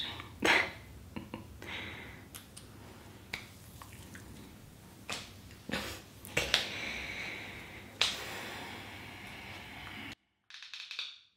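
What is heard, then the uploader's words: Irregular sharp taps and snappy clicks over soft bristly brushing hiss, the sound cutting out near ten seconds before one last brief swish. Lotion Sounds, Hair Brushing, Cottons, Tapping.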